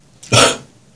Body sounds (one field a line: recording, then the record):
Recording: coughing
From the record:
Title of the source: Spring Cold Coughing 3